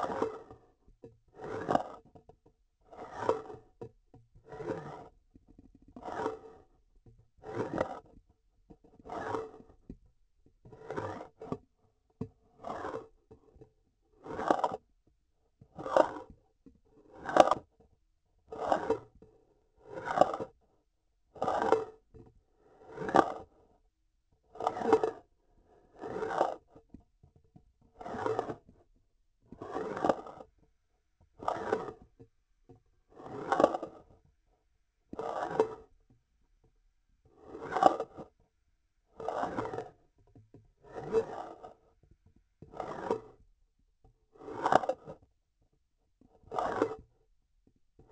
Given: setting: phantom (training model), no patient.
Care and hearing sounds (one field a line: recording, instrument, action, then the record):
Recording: laparoscopic instrument, vibration sensor on the handle end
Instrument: grasping forceps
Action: approaching and retracting movements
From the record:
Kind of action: spatial motion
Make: Olympus